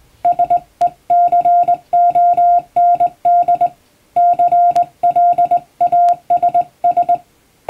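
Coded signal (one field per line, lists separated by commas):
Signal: Morse code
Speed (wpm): 20 wpm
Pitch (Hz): 700 Hz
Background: music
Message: SECOND CLASS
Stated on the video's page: Morse practice for the Japanese radiotelegraph operator exam, recorded on the air on amateur radio; references Japanese Morse at 17 wpm and English at 25 wpm.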